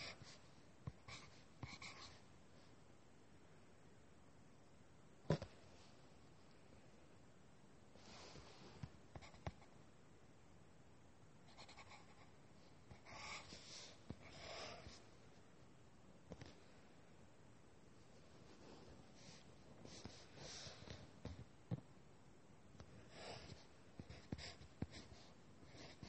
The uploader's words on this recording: Doing homework drawing and writing sounds. Lots of writing sounds.